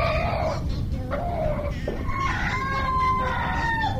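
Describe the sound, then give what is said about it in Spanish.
A pet chick keeping a person company at a computer makes a run of high, thin peeping calls, some short and some drawn out, over a steady low background hum. “Ahora, mi pollito me está acompañando el computador.”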